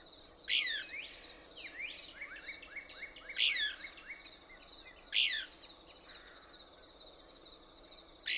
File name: Couch's Kingbird